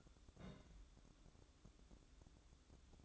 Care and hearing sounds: daily activity, microphone in the room; place on stove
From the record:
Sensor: 3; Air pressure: 1008.0 hPa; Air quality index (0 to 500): 114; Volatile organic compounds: 1 ppm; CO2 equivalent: 950 ppm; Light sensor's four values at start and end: 9/20/8/8 and 9/20/8/8

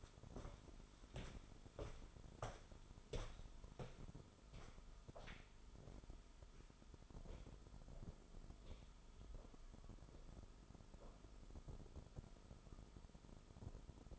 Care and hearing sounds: daily activity, microphone in the room; walk to room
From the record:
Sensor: 5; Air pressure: 988.3 hPa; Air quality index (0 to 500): 195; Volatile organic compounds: 64 ppm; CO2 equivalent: 3457 ppm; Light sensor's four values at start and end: 48/141/56/61 and 48/144/56/60

